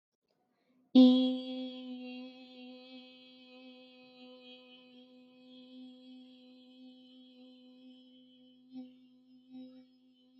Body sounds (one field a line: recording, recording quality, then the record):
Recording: sustained vowel as in beet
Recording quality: excellent, no background noise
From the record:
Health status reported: healthy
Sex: female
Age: 21 years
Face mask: not worn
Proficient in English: yes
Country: India